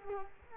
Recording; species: mosquito wingbeat signal from an infrared sensor; Culex quinquefasciatus